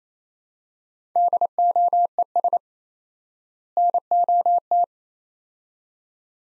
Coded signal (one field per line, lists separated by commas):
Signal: Morse code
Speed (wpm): 27 wpm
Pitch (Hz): 700 Hz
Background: none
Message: DOES NOT